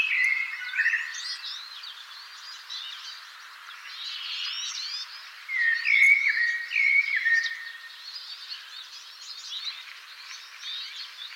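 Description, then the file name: Common blackbird with a short opening phrase, then two mellow, fluted warbles in the middle, set against a steady background of many high-pitched chirping birds. "Turdus merula"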